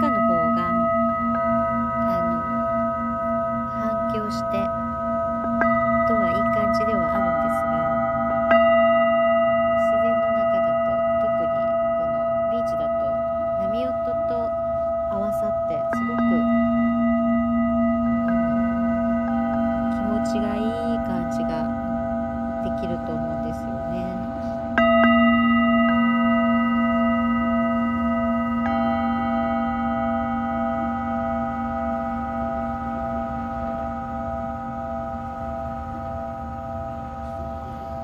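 A Tibetan singing bowl rings with a steady low hum and layered bright tones that hang and slowly fade. Fresh strikes at about 6, 9, 16 and 25 seconds add new ringing layers, while faint talking sits underneath.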